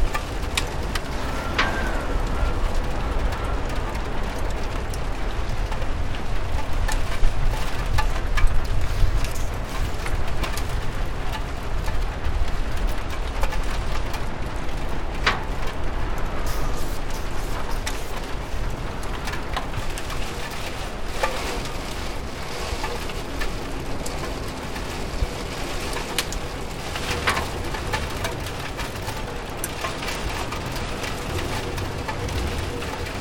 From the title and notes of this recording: COSY RAIN • A Desk in Front of a Rainy Window Is the Perfect Place to Study.